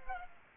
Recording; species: mosquito wingbeat signal from an infrared sensor; Culex pipiens